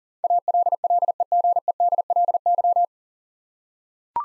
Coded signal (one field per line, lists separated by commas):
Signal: Morse code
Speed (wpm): 40 wpm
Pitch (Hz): 700 Hz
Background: none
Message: ALLEGEDLY